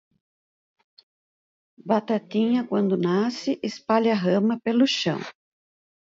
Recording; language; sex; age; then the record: short text; Brazilian Portuguese; female; 50 to 59 years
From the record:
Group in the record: control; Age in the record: 55 years